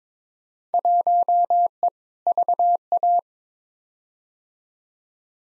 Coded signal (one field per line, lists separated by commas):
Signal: Morse code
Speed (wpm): 22 wpm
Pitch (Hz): 700 Hz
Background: none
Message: 1E VA